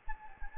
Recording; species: mosquito wingbeat signal from an infrared sensor; Anopheles gambiae